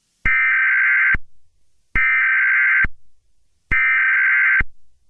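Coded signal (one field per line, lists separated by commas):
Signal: Emergency Alert System (SAME) tones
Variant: header bursts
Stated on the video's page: Fictional EAS scenario, not a real alert.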